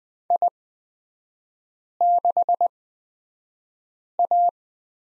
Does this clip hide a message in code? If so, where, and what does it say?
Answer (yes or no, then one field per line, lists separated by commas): yes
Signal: Morse code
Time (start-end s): 0.3-4.5 s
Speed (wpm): 20 wpm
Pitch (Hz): 700 Hz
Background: none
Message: I6A